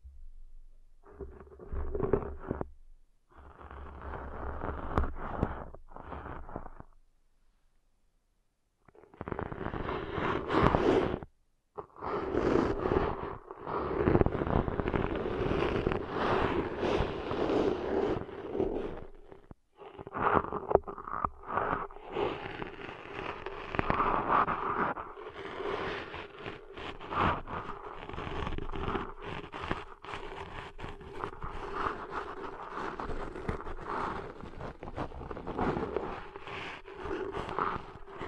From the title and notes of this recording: ASMR Deep 3D Ear Cleaning Intense & Realistic (No Talking).